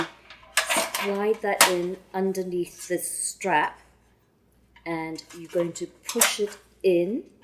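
Someone talks while handling a butane gas cartridge placed under a strap at the cartridge holder of an Iwatani VA30 portable stove, about to push it into the cartridge coupling and close the metal cover flap. A few brief clinking handling sounds are heard between the speech. The cartridge has not seated or clicked yet.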